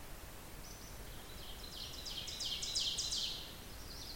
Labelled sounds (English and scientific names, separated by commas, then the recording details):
Ovenbird (Seiurus aurocapilla) song
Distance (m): 45 m
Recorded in boreal forest in Alberta, Canada, on 16 June 2016 at 06:12
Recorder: SongMeter 3, array SBT-3-32
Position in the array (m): 114 m, 145 m
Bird 37